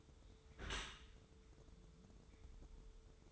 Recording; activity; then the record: daily activity, microphone in the room; close dishwasher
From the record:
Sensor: 3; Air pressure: 1014.9 hPa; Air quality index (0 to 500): 33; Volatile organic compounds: 1 ppm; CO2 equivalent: 549 ppm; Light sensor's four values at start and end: 11/26/11/11 and 11/26/11/11